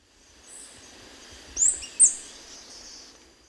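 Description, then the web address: Russet antshrike giving two sharp, very high thin notes about half a second apart, over a faint steady hiss. Recorded in Ecuador. "S America Birds of Ecuador. Russet Antshrike"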